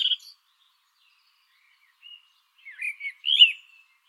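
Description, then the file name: Eurasian blackbird song: a short high note opens, then after a pause a warbled phrase ending in a louder, higher twitter. "Turdus merula"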